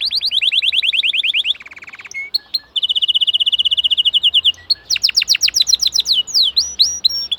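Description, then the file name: Canary song in changing tours: a quick trill of falling notes, a short low buzzy roll, a long steady rapid trill, then further trills and upswept whistles. "Canary Singing"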